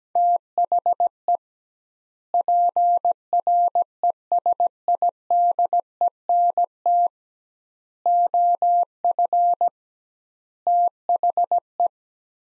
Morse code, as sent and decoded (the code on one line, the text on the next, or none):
- .... . / .--. .-. . ... .. -.. . -. - / --- ..-. / - .... .
THE PRESIDENT OF THE